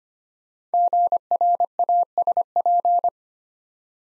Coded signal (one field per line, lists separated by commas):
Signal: Morse code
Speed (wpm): 25 wpm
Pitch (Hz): 700 Hz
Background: none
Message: GRASP